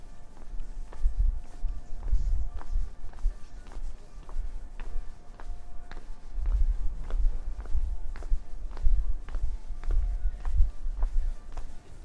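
A walk through Prague, with footsteps tapping at a steady, fairly quick pace throughout. A low rumble swells and fades in heavy bursts, strongest around two and seven seconds, while faint voices and a thin, steady tone sit underneath.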